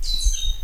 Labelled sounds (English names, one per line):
Stitchbird song